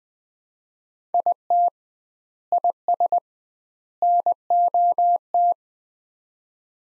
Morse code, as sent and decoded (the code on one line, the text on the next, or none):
.. - / .. ... / -. --- -
IT IS NOT